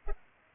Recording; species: mosquito wingbeat signal from an infrared sensor; Culex pipiens